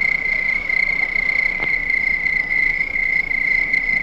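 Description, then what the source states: Crickets give a steady, bright high trill. Crickets recorded at night.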